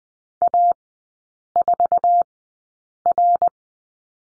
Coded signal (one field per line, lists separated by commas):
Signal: Morse code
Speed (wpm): 20 wpm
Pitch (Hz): 700 Hz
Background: none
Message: A4R